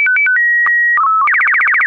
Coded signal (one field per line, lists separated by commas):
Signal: SSTV (slow-scan television)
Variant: Robot BW 8